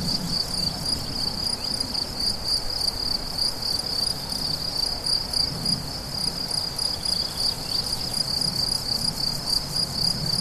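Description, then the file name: Cricket chorus of shrill rhythmic chirps, close to four pulses a second, with a low background hum underneath. Crickets recorded on 17 July 2013 at La Fortiche with a MZ-N710 recorder. "grillons la fortiche 17 07 13"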